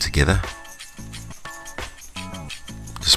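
Someone talks over music while lining up the two halves of a steel chain quick link on a road bike chain and pressing them together by hand, with faint handling taps and rustles. The link has not clicked or seated yet; it will be pulled home with screwdrivers later.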